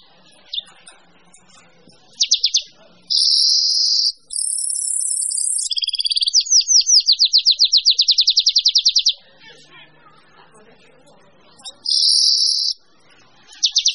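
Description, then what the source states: Bird song: loud piercing high trills alternating with a fast series of repeated sweeping notes, separated by quieter gaps with faint chirps. Mixed birds.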